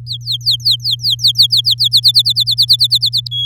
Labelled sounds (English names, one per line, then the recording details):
Domestic Canary song
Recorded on 9 May 2018 at 13:18
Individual llb16